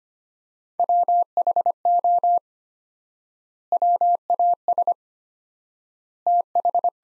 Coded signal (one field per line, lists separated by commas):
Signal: Morse code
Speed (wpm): 25 wpm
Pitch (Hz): 700 Hz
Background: none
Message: WHO WAS TH